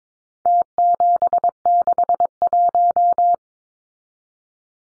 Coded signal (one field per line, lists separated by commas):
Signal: Morse code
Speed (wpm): 22 wpm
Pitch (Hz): 700 Hz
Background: none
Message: T761